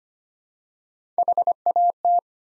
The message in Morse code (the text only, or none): HAT